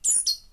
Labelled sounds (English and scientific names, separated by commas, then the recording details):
Stitchbird (Notiomystis cincta) song
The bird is a male
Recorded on Tiritiri Matangi Island, New Zealand, in 2005
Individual 2, of nest box 2